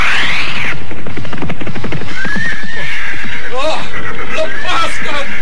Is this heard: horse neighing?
yes